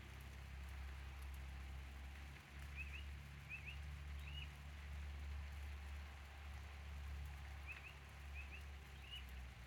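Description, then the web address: Bird giving two short bouts of quick chirps over a loud steady low rumble and hiss. In the rain. "codly ambient-or-nature birds in the rain"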